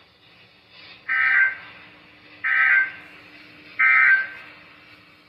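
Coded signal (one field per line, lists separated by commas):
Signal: Emergency Alert System (SAME) tones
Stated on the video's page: Severe Thunderstorm and Special Marine Warnings received from NOAA Weather Radio transmitters.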